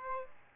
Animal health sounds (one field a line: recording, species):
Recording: mosquito wingbeat signal from an infrared sensor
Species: Aedes aegypti